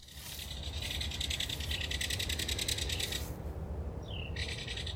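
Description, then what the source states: Belted Kingfisher giving a dry, rapid rattling chatter, a long burst followed by a short second one, with a brief whistled note between them. Bird chattering at a creek in Blacksburg, Virginia, USA, on December 21, 2021, at year's end.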